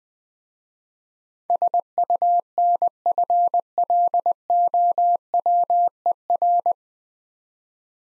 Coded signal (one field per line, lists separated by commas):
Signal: Morse code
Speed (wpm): 20 wpm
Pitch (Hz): 700 Hz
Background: none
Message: SUNFLOWER